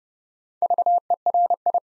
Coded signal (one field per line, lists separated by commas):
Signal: Morse code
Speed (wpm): 30 wpm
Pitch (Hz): 700 Hz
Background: none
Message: VERI